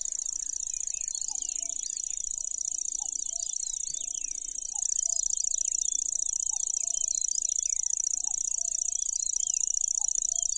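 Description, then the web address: Lanceolated warbler singing an endless thin, buzzy reel at high pitch; other small birds chirp throughout and soft low whistled notes recur in the background. "makinosennyuu"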